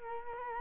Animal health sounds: mosquito wingbeat signal from an infrared sensor; Culex quinquefasciatus

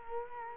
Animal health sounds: mosquito wingbeat signal from an infrared sensor; Culex quinquefasciatus

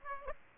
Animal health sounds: mosquito wingbeat signal from an infrared sensor; Aedes aegypti

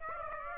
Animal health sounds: mosquito wingbeat signal from an infrared sensor; Aedes aegypti

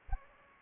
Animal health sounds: mosquito wingbeat signal from an infrared sensor; Aedes aegypti

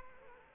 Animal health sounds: mosquito wingbeat signal from an infrared sensor; Culex quinquefasciatus

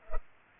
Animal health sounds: mosquito wingbeat signal from an infrared sensor; Culex pipiens

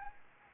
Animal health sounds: mosquito wingbeat signal from an infrared sensor; Anopheles gambiae

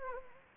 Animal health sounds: mosquito wingbeat signal from an infrared sensor; Anopheles gambiae

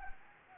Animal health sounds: mosquito wingbeat signal from an infrared sensor; Anopheles gambiae

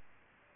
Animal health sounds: mosquito wingbeat signal from an infrared sensor; Aedes albopictus

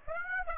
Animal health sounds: mosquito wingbeat signal from an infrared sensor; Aedes aegypti

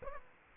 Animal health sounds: mosquito wingbeat signal from an infrared sensor; Aedes aegypti

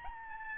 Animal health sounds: mosquito wingbeat signal from an infrared sensor; Aedes albopictus

